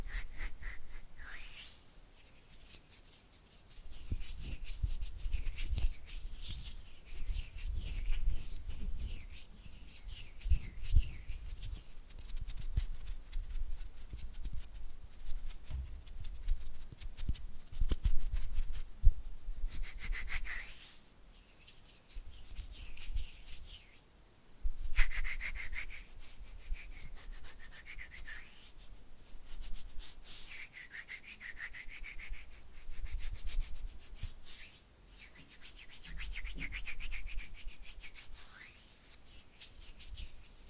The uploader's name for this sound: Oily Hand and Flutter Finger Sounds